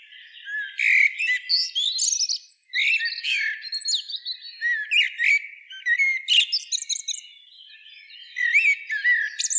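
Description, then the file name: Common blackbird song, a nearly continuous run of varied fluty slurs and shrill high chirps, busy and uneven throughout. "Turdus merula"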